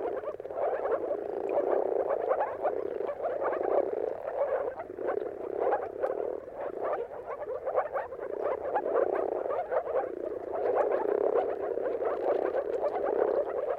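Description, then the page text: Moor frogs calling in a continuous chorus, bubbling pulses swelling in gentle waves. Moor frogs in a mating chorus at sunrise, at the turn of March and April, timing depending on the weather. "Jakub-Orzecki moor frogs. Dawn’s Chorus: Mating Calls of Marsh Frogs at Sunrise. Depending on the weather at the turn of March and April, you can witness an amazing spectacle of moor frogs. earth.fm"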